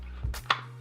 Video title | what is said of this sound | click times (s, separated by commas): unBOXED with VaporDNA ~ The Wismec Sinuous V200 Box Mod Vape Starter Kit | and then the panel held in by magnets and just clicks into place like that | 0.5 s